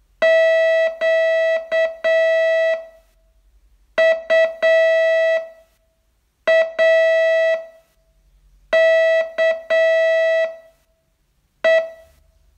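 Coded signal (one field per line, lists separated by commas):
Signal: Morse code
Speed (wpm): 7 wpm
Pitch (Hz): 650 Hz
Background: music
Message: QUAKE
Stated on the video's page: Morse training test, day 30 of a 42-day course.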